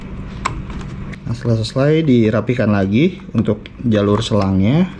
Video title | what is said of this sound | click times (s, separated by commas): Damper Terbaik untuk Printer DTF metode Sedot Manual | Sampai bunyi klik ya Nah | 0.5 s